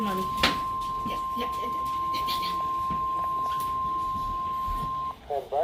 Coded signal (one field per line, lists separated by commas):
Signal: Emergency Alert System (SAME) tones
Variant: 1050 Hz attention tone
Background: speech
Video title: EAS 106-128: FIRST TIME TORNADO WARNING ON MY WEATHER RADIO (+Alert Ready TORNADO WARNING)